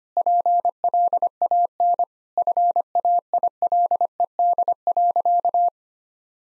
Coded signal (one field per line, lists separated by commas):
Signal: Morse code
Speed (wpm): 25 wpm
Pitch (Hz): 700 Hz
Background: none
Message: PLAN FAILED.